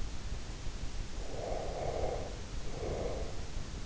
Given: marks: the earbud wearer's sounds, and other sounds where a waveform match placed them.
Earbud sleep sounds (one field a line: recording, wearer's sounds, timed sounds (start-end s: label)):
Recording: sounds in sleep by an in-ear microphone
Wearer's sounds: breath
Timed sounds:
1.09-3.48 s: breath